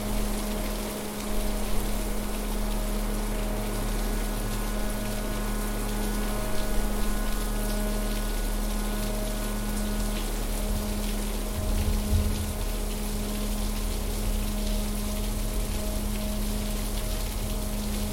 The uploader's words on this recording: The piece is built upon a field recording from Heath Webb, with slowly shifting drones coalescing over rain, wind, and thunder sounds. The added drones explore a range of frequencies.